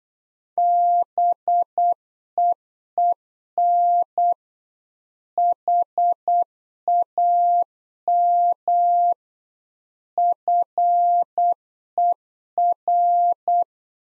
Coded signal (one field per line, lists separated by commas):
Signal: Morse code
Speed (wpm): 8 wpm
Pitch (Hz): 700 Hz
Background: none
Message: BEEN HAM FER